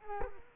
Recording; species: mosquito wingbeat signal from an infrared sensor; Culex quinquefasciatus